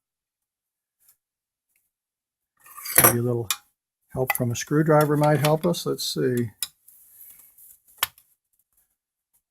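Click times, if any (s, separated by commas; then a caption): 8.0 s. On a 2005–2009 Subaru Outback, a fuel filler flap spring is pushed forward with a screwdriver into the flap hinge while someone talks. A short, sharp click at 8.0 s is the spring snapping into place, and it is confirmed seated.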